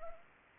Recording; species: mosquito wingbeat signal from an infrared sensor; Anopheles arabiensis